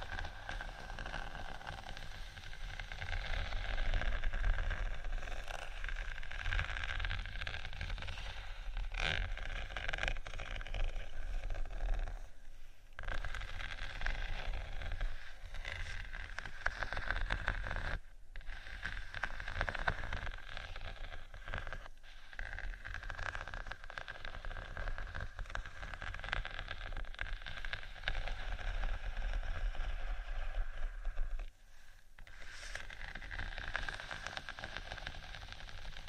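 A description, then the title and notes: Faux leather is scratched and tapped gently, a steady dense rustle with a low rumble underneath that runs almost the whole time. Brief dips come near 13, 18, 22 and 31 seconds, and sharp taps stand out around 9 and 35 seconds. ASMR Gentle Faux Leather Scratching & Tapping（No Talking）.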